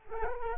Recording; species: mosquito wingbeat signal from an infrared sensor; Culex quinquefasciatus